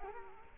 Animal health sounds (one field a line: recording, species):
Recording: mosquito wingbeat signal from an infrared sensor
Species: Culex quinquefasciatus